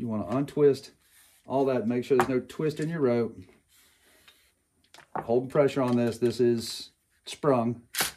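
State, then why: Not seated. Someone talks while reassembling the recoil starter of an MS461 chainsaw, holding pressure on the spring-loaded starter part with the rope untwisted. A few faint, brief ticks come during a pause around 4.3–4.9 seconds. The spring-loaded part has not yet snapped back in; nothing has seated yet.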